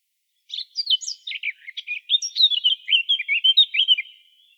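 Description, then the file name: Eurasian blackcap warbling: a rapid stream of high, twisting notes and short slurs, rising in volume through a phrase lasting nearly four seconds. "Sylvia atricapilla"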